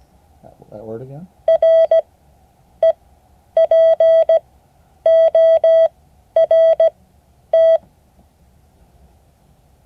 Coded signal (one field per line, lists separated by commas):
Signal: Morse code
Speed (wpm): 17 wpm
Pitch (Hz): 650 Hz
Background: speech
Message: REPORT